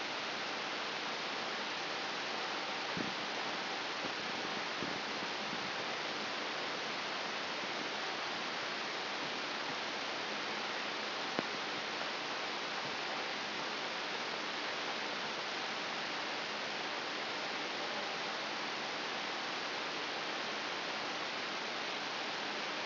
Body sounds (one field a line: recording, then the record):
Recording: brain microelectrode recording played as sound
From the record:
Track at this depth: inside the subthalamic nucleus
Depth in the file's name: 6.732 mm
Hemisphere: right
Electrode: 3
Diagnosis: Parkinson's disease